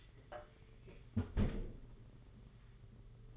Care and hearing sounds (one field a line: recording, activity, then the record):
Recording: daily activity, microphone in the room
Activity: close fridge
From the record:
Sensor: 4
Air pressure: 991.8 hPa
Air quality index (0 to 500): 108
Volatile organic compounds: 17 ppm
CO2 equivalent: 2565 ppm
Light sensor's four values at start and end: 19/62/23/23 and 19/64/23/24